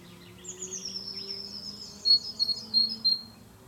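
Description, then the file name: Eurasian blue tit song: a thin, high drawn-out note, then several sharp repeated notes, with a low droning hum beneath. "canto cinciarella allegra cinciarella Cyanistes parus caeruleus blue tit blaumeise herrerillo"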